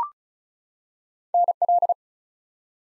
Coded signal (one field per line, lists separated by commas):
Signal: Morse code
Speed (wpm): 36 wpm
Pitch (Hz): 700 Hz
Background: none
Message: NL